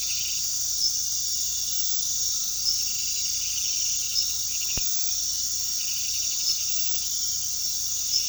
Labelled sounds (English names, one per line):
none